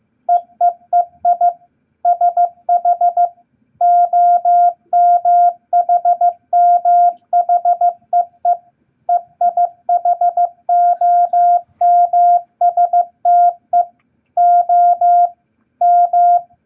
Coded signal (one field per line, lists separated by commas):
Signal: Morse code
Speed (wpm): 15 wpm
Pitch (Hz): 700 Hz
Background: none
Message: EEEI SH OMHMHEE EIHOMSTE O M